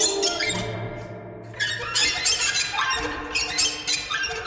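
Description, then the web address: Bird chatter of sharp, squeaky high chirps, coming in rapid clusters after a brief quieter stretch. "soundfactory birds"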